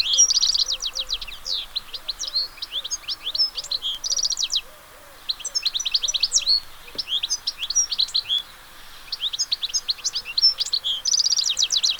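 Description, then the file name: European goldfinch song: bursts of rapid, liquid twittering and tinkling notes with short buzzy trills, pausing briefly twice, with faint low repeated notes in the first half. "chardonneret"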